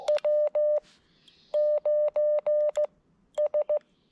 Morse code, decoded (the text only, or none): W9S